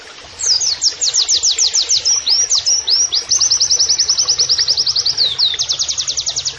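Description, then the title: White-eye song: one continuous high-pitched phrase of rapid repeated downslurred notes, shifting into a faster even trill and back, about six seconds long. Training (masteran) audio with canary-like song phrases, in the style called 'nembak kenarian'. "Pleci Gacor. MASTERAN PLECI NEMBAK KENARIAN"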